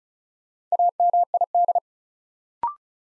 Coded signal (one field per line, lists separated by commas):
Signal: Morse code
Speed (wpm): 36 wpm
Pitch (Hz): 700 Hz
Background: none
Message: AMID